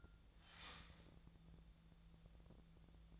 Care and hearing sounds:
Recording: daily activity, microphone in the room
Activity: start toaster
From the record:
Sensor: 3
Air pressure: 1000.2 hPa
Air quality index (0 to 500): 151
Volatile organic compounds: 3 ppm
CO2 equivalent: 1336 ppm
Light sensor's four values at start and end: 38/96/40/44 and 38/96/40/44

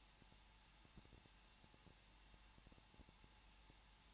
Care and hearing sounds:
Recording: daily activity, microphone in the room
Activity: no activity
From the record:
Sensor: 1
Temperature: 20.0 degrees Celsius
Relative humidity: 39.4%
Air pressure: 1006.4 hPa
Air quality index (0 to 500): 219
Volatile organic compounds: 83 ppm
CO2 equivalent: 3632 ppm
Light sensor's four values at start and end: 1/2/1/1 and 1/2/1/1

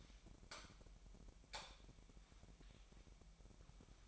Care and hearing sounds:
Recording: daily activity, microphone in the room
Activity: light on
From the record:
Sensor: 1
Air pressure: 1012.0 hPa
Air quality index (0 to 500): 236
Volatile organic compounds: 6 ppm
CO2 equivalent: 1879 ppm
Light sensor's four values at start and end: 14/34/14/16 and 18/50/20/22

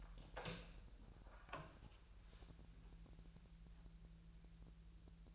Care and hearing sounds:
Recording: daily activity, microphone in the room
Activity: open door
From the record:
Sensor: 2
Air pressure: 1001.1 hPa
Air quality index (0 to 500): 249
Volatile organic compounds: 91 ppm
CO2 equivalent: 3689 ppm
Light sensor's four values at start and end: 10/24/10/10 and 10/24/10/10

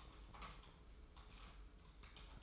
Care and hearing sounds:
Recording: daily activity, microphone in the room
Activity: typing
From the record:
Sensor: 1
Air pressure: 995.3 hPa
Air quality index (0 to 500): 28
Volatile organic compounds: 1 ppm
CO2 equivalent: 541 ppm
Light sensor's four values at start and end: 17/57/21/23 and 17/57/21/23

